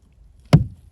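On a 2011-2018 Chevy Cruze, the gray plastic lock tab on the third brake light's electrical connector is pushed up by hand. A single sharp snap at 0.5 s is followed by a brief low thud and decay over near-silence. The lock tab snaps home and the electrical connection is properly secured.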